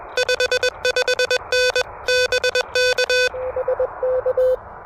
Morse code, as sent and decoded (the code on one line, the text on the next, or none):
..... ..... -. / -... -.- / ... -.-
55N BK SK